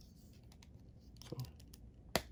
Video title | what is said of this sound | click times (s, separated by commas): Gundam Universe GU- XXXG- 01W Wing Gundam | they snap right in no problem | 2.2 s